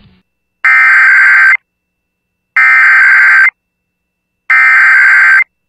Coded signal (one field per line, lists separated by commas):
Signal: Emergency Alert System (SAME) tones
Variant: header bursts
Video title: [EAS #2093-#2110] A Week Full of Tests